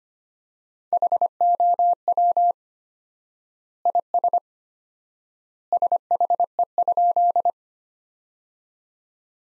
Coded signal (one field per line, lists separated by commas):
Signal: Morse code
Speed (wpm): 25 wpm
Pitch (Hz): 700 Hz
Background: none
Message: HOW IS SHE?